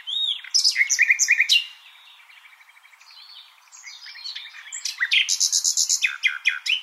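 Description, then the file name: Common nightingale song with varied fast phrases, a soft rattling passage, then a loud series of evenly repeated notes. "Luscinia megarhynchos"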